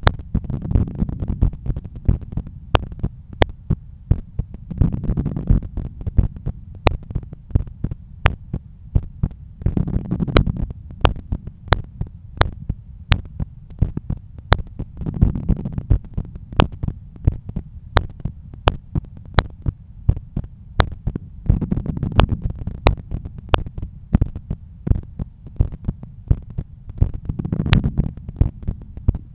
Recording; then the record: heart sounds by stethoscope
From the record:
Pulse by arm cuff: 87 bpm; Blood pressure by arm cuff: 129/83 mmHg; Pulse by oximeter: 89 bpm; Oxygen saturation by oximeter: 97%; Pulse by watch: 88 bpm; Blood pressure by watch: 124/80 mmHg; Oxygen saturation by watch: 96%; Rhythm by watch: sinus rhythm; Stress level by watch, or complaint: low stress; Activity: after 5 min smoking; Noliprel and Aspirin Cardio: after pills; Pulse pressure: 46 mmHg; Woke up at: 7:20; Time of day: 14:05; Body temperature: 35 C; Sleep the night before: 8 h 11 min, score 61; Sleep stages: REM 22%, light 68%, deep 3%, awake 7%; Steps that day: 9500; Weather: sunny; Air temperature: 27.4 C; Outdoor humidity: 50%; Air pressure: 1016 hPa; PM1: 11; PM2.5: 16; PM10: 21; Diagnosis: hypertension, treated with Noliprel and Aspirin Cardio 100 mg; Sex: male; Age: 53 years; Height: 174 cm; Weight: 81 kg